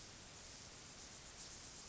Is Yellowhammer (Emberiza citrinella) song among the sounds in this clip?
no